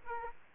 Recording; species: mosquito wingbeat signal from an infrared sensor; Aedes aegypti